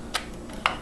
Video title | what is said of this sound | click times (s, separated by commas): Transformers G1 "Omega Supreme" (1985) | and lock into place as such that's one leg down | 0.7 s